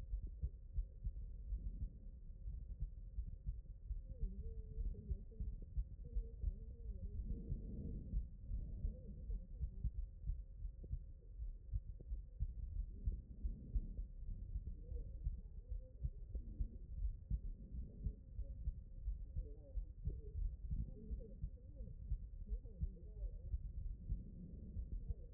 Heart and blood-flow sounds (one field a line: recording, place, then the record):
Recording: heart sounds by stethoscope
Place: aortic valve (AV)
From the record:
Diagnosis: non-HFrEF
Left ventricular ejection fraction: 51%